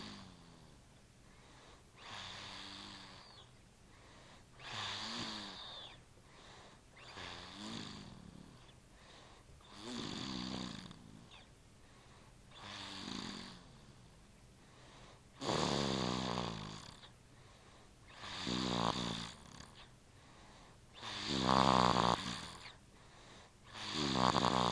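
An adult sleeper snoring, with loud, pitched snores repeating every few seconds.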